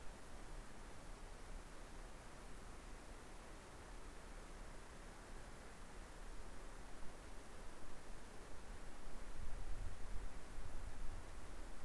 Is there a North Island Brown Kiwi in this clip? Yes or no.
no